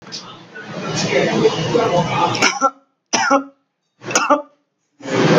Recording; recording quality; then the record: shallow voluntary cough; excellent, no background noise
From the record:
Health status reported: healthy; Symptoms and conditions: none ticked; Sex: male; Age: 21 years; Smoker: not ticked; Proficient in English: yes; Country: India